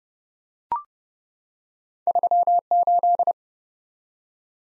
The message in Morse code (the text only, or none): 38